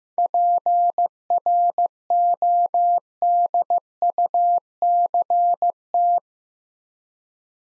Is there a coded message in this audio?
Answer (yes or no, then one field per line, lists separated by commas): yes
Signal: Morse code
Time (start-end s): 0.2-6.2 s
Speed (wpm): 15 wpm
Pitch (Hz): 700 Hz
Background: none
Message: PRODUCT